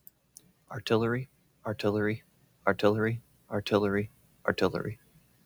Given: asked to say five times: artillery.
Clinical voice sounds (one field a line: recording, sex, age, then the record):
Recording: repeated word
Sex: male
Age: 30 to 39 years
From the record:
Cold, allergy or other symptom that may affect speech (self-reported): no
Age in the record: 32 years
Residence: United States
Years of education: 18